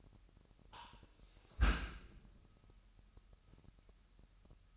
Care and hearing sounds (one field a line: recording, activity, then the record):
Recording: daily activity, microphone in the room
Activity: close dishwasher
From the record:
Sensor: 2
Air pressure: 998.2 hPa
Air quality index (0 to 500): 146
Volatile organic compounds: 4 ppm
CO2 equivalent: 1652 ppm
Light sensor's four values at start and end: 10/31/12/12 and 10/31/12/12